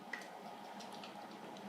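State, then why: Seated. A Hornby Dublo 2235 West Country Class locomotive "Barnstable" is rolled forward so its plastic coupling engages the metal coupling of its green coaches. A single short, sharp tick is heard at 0.1 s over a steady low background hiss. The coupling locks together and catches.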